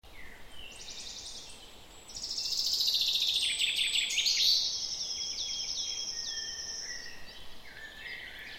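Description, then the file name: Common chaffinch song: one long, loud phrase of rapid repeated notes that steps down in pitch, with fainter bird chirps before and after. "Fringilla coelebs"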